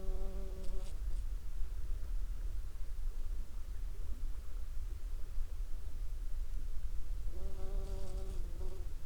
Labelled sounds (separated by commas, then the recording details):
rain, insects
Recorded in the Prudhoe Bay oil fields, Alaska, on 11 July 2021 at 23:44
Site 21